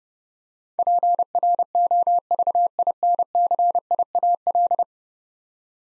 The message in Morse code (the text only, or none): PROVINCIAL